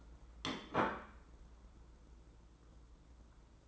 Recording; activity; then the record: daily activity, microphone in the room; place plate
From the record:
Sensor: 3